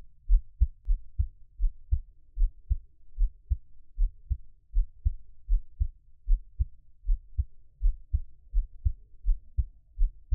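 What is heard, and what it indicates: Steady, deep paired thumps, lub-dub, lub-dub, repeat at about 80 beats a minute in an even rhythm, with nothing heard between the beats. It is an ordinary adult heartbeat, heard close up in a quiet room with no talking.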